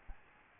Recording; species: mosquito wingbeat signal from an infrared sensor; Aedes albopictus